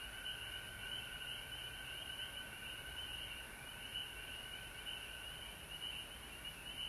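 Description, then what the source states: Frogs trilling together in a steady chorus, the high drone rising and falling slightly in loudness. Frogs recorded at home in Georgia on March 19, 2020.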